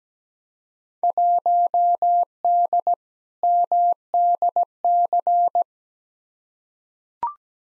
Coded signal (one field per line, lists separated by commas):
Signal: Morse code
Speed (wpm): 17 wpm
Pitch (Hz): 700 Hz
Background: none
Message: 1D MDC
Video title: Field Day Exchange v2 - 17wpm